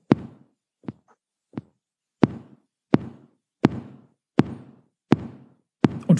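Knocking or drumming imitating an adult heartbeat at about 85 beats per minute: a regular sinus rhythm, played for comparison with the irregular rhythm of atrial fibrillation.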